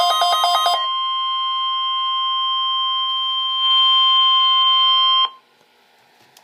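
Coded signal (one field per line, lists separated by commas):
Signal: Emergency Alert System (SAME) tones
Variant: 1050 Hz attention tone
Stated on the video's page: Weekly test heard on a WR-300 weather radio receiver, siren level set high but sounding as if on low.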